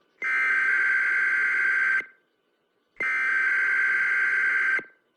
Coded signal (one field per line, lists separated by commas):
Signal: Emergency Alert System (SAME) tones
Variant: header bursts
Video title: American Emergency Alert System, but at varying speeds. (sensitive sound warning)